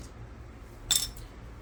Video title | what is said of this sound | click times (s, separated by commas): Hasegawa1/12 Game Center Machines! | when everything wants to snap into place there so | 0.9 s